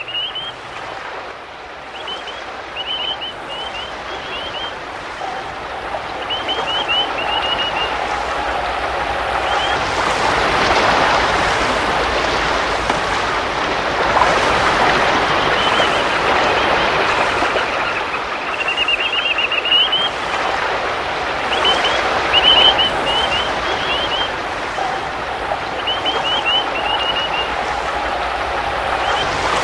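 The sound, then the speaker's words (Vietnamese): A steady, broad rush of fast-flowing river water that swells louder through the middle, with thin high chirps recurring over the top and no voices. “Chị chăm chăm nhìn dòng sông đầy ăn ấp, chảy xiết, ngăn chị với tự do.”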